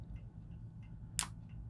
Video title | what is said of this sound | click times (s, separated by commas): Unboxing Of The ZTE Axon M | hinge is very well made right here I mean you could hear when it went snaps closed see | 1.2 s